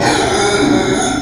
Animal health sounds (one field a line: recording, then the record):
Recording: squeal of a Yucatan mini pig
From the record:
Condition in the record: before surgery on the right vocal fold (resection and tissue-engineered implant)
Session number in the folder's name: 2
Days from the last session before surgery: -15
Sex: female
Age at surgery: 19 weeks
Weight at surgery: 25 kg